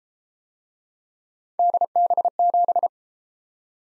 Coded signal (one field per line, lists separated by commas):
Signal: Morse code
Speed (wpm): 33 wpm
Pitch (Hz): 700 Hz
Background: none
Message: DB7